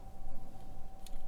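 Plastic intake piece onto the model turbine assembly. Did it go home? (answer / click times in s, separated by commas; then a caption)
no / none. A small plastic intake piece from a Fanhome KITT Knight Rider model kit is handled and fitted onto the side of the model turbine assembly, with light rustling over a steady low hum and a brief faint tick near 1.1 s. The clip ends before the part goes home, and nothing has seated or clicked yet.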